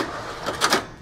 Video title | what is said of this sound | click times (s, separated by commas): Dell PowerEdge R440 - How To Rack a Server - Server Racking - Sliding Rails - Rackmount Server | it just slides into place so now if you try to pull it out it's actually locked into place | 0.6 s, 0.7 s